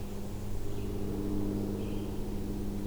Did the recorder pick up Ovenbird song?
no